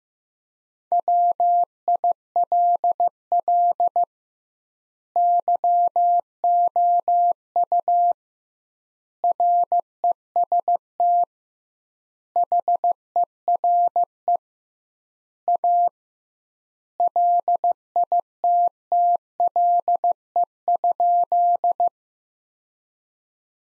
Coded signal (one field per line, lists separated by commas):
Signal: Morse code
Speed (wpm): 15 wpm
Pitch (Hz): 700 Hz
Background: none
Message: WILL YOU REST HERE A LITTLE?